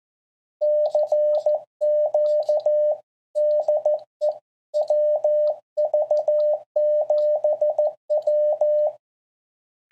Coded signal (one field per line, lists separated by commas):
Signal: Morse code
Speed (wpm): 14 wpm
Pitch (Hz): 600 Hz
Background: none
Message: CQ DE WV7W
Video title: CW Morse SP4 POTA/SOTA Paddle